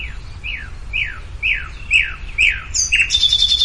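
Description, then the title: Bird song: several sharp descending slurred notes at an even pace, ending in a high buzzy trill. "LuckyPassaro Completos2Sama"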